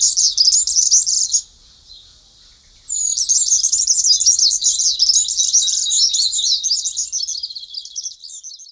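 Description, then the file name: Bird singing a fast, high-pitched twittering warble in two bursts, the first brief, then a long run of jumbled chirps after a short pause. "Nature-Hunt Aufgabe-4 Vogel-oben-links"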